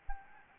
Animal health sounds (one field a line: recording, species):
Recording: mosquito wingbeat signal from an infrared sensor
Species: Anopheles arabiensis